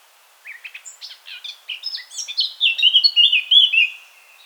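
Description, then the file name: Eurasian blackcap song: quiet jumbled twittering that builds into a louder, clear, fluty warble of rising and falling whistles. "Sylvia atricapilla"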